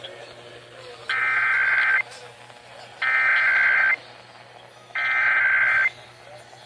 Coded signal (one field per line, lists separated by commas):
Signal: Emergency Alert System (SAME) tones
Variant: header bursts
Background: speech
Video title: RMT's and RWT (EAS 42-45)